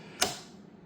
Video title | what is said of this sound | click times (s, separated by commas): FIAT 500 Transmission Mount Replacement | then you'll hear it click. Once it clicks, it's locked in. | 0.2 s